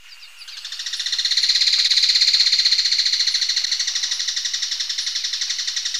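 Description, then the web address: Flammulated treehunter giving a long, dry, rapid rattle of even pulses, swelling in loudness early on and then easing slightly. Ecuador. "Birds of Ecuador. Flammulated Treehunter"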